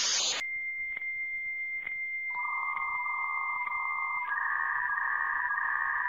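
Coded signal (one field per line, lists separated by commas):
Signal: dial-up modem handshake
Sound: short hiss, steady high answer tone with regular clicks, then warbling two-tone data chatter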